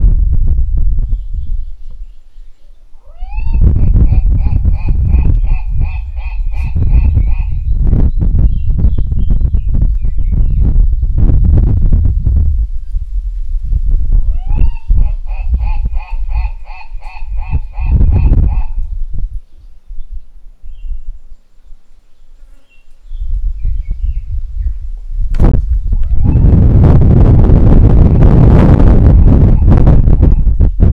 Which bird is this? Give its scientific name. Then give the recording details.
Tauraco leucolophus. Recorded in northern Uganda